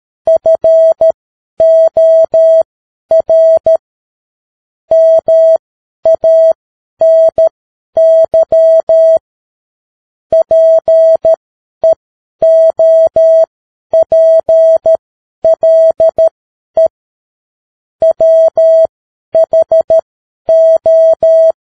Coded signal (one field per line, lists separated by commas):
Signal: Morse code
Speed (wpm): 13 wpm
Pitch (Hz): 650 Hz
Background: none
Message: FOR MANY PEOPLE WHO